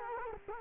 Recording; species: mosquito wingbeat signal from an infrared sensor; Culex quinquefasciatus